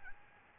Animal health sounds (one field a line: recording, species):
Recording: mosquito wingbeat signal from an infrared sensor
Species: Aedes albopictus